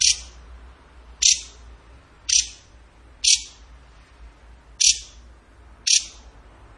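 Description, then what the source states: Bird giving short, sharp, high clicking notes, repeated about every second or so, with quiet pauses between them. Masteran training recording of a bird singing in the gacor tembakan style.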